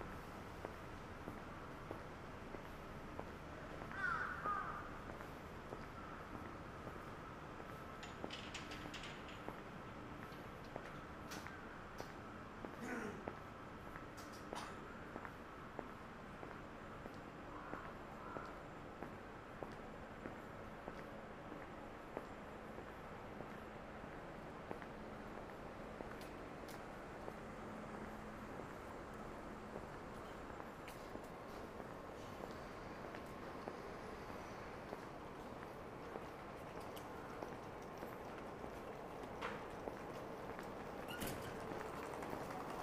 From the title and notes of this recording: Shinjuku,Saturday morning. Morning in bustling Shinjuku is different from night. Kabukicho～Hotel street～ Kabukicho,Sakura street～Kabukicho,Ichiban-gai～Omoide Yokocho～Shinjuku East exit.